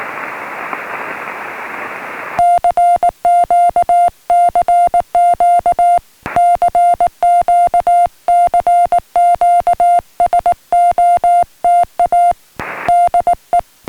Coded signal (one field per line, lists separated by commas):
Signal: Morse code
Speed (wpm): 19 wpm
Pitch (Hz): 700 Hz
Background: music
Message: CQ CQ CQ CQ SOTA DE